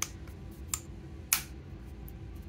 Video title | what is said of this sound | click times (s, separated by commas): Xbox Elite Series 2 Controller Repair - I/O Board and Bumper Buttons | when you hear it snap into place | 0.0 s, 0.7 s, 1.3 s